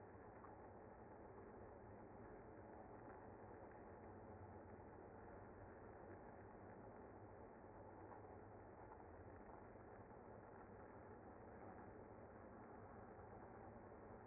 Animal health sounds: honeybee colony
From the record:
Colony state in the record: active

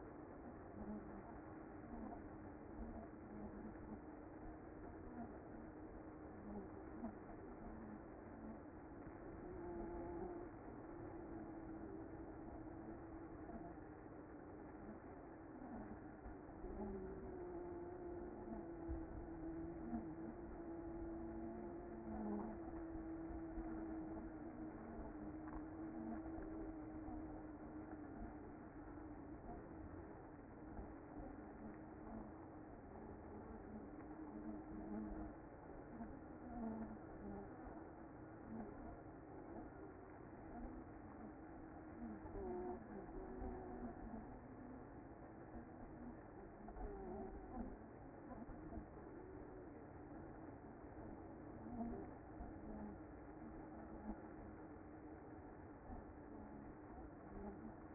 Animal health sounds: honeybee colony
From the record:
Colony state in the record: active

